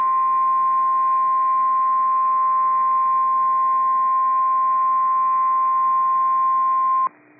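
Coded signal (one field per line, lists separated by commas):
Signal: Emergency Alert System (SAME) tones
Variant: 1050 Hz attention tone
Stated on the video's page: Real severe thunderstorm warning with valid EAS tones for Dane, Jefferson and Waukesha Counties, Wisconsin.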